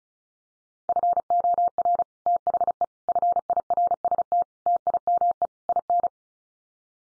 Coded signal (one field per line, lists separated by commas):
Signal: Morse code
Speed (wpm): 34 wpm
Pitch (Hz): 700 Hz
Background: none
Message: FOR THE FIRST TIME IN